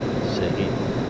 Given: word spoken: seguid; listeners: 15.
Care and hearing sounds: one Spanish word in noise, from a listening test; speech-shaped noise; -5.2 dB; 0 of 15; 7 of 15; 0.69 s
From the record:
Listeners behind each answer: 7, 5, 2, 1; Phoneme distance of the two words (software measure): 10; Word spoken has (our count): 2 syllables, 5 phonemes, stress on syllable 2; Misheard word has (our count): 2 syllables, 5 phonemes, stress on syllable 2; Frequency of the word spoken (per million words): 0.50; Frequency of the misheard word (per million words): 152.47

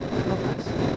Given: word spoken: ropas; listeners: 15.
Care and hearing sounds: one Spanish word in noise, from a listening test; noise modulated by three-talker babble; -6.3 dB; 1 of 15; 8 of 15; 0.56 s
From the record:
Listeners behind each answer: 8, 2, 2, 1, 1, 1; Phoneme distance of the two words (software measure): 10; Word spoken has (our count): 2 syllables, 5 phonemes, stress on syllable 1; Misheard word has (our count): 2 syllables, 5 phonemes, stress on syllable 1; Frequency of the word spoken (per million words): 14.15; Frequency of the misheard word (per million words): 17.10

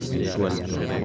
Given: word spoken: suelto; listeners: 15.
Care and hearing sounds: one Spanish word in noise, from a listening test; eight-talker babble; -1.2 dB; 0 of 15; 7 of 15; 0.65 s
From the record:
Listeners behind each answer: 7, 2, 1, 1, 1, 1, 1, 1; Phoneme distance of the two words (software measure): 14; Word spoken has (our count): 2 syllables, 6 phonemes, stress on syllable 1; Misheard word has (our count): 2 syllables, 6 phonemes, stress on syllable 1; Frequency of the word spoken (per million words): 7.09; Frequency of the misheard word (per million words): 16.21

